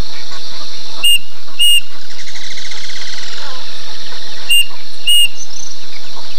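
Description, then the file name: Bird giving paired whistled notes twice, each pair a half-second apart, about three seconds between pairs; constant shrill insect hum and soft sweeping chirps behind. "SABIOD 50 bird 2015"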